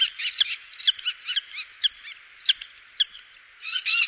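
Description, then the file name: Common kestrel calls: shrill notes given in short, uneven bursts with brief pauses between them. "turmfalke"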